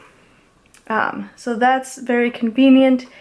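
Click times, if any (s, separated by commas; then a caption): 0.7 s. A watch band end is slid into the band slot on an Apple Watch Series 3 case and gives a short click at about 0.8 s as it latches into place. The band is seated, and then someone talks.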